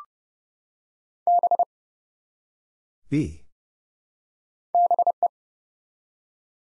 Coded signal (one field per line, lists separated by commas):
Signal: Morse code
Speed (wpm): 29 wpm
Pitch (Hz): 700 Hz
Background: none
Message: B BE